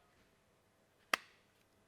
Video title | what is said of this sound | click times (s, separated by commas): Protect your 300 Series - Pre-fuel filter kit INSTALL. | collar slides up it's a course thread and you're going to hear it click right now when it's tight | 1.1 s